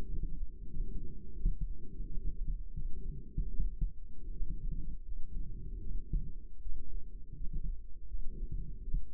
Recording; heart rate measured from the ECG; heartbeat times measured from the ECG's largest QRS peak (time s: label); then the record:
heart sounds by microphone in the right ear; 82 bpm
0.08 s: heartbeat
0.69 s: heartbeat
1.35 s: heartbeat
2.07 s: heartbeat
2.74 s: heartbeat
3.49 s: heartbeat
4.32 s: heartbeat
5.04 s: heartbeat
5.80 s: heartbeat
6.61 s: heartbeat
7.36 s: heartbeat
8.07 s: heartbeat
8.83 s: heartbeat
From the record:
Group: healthy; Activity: rest 0-8 s, light exercise 8-9 s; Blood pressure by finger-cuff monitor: 149/73 mmHg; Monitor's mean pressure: 96 mmHg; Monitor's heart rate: 82 bpm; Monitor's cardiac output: 8.6 L/min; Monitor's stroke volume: 102 mL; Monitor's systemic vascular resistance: 830 dyn s/cm5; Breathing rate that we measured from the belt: 24 breaths a minute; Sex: female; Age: 22 years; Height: 154 cm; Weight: 58.7 kg